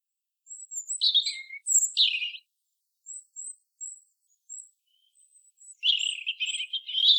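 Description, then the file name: European robin song: jumbled, sweet warbled phrases interspersed with a series of very high, thin whistled notes. "Erithacus rubecula"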